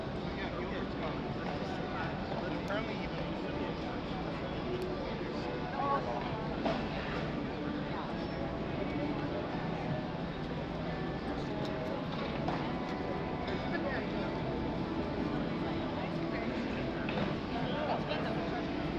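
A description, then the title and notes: A busy park is full of overlapping voices, a dense crowd murmur at an even, steady level throughout. Traffic rumbles low underneath, and brief brighter clatters and knocks pop out now and then, around six and twelve seconds. Washington Square Park. Many sounds, this is the mecca of noise!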